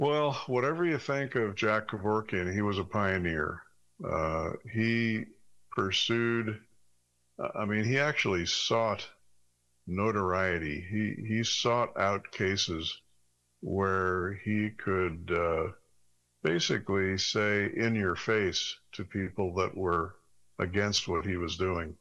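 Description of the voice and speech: An adult man speaks fluently in a low, even voice with natural pauses and hesitations; ordinary speech.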